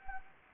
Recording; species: mosquito wingbeat signal from an infrared sensor; Anopheles gambiae